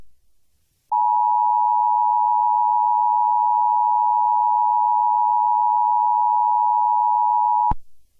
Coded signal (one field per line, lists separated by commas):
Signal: Emergency Alert System (SAME) tones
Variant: 853 and 960 Hz attention tone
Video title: NOAA Weather Radio Anti-Piracy Warning - An EAS Short Film